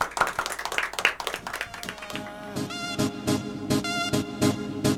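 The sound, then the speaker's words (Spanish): A group applauds the children for about two seconds at the close of the radio program Hora Libre on FM Boedo, in a dense, steady patter. The clapping fades as a song with a pulsing beat and sustained melody takes over. “Chicos, fuerte el aplauso para ustedes y felicidades.”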